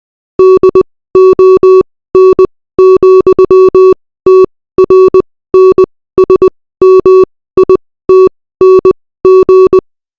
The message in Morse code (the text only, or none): DON,TRNSMITNG